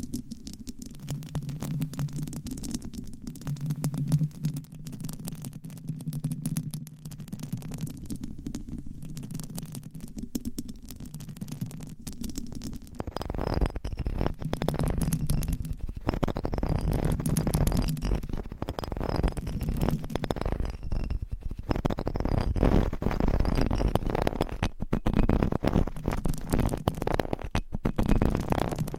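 Scratching and rubbing on microphones, a dense run of rough scraping strokes with a deep rumbling undertone. The first half is softer and muffled; around thirteen seconds it grows louder and brighter, with rapid crackling bursts continuing to the end.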